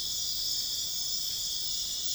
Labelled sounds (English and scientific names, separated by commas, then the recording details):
none
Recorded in dense forest near Puerto Asís, Putumayo, Colombia, on 18 February 2024 at 02:30
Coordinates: 0.502, -76.324
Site G6370